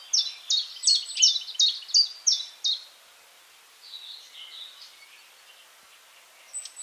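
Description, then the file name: Great tit calls: a quick run of sharp, chipping notes lasting under three seconds, then a fainter, softer chatter trailing off. "Parus major"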